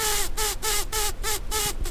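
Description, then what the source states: Brown-banded carder bee buzzing, a harmonic hum broken into regular pulses several times a second, with hissing noise alongside. Queens.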